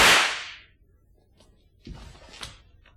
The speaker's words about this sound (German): Schuss jetzt!